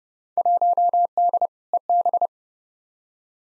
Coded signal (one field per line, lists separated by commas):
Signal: Morse code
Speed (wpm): 30 wpm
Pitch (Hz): 700 Hz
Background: none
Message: 1D EB